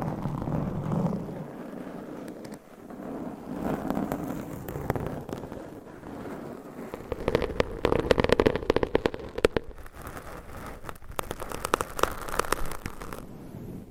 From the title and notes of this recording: ASMR for ADHD Changing Triggers Every 5 Seconds Scratching , Tapping , Massage & More No Talking.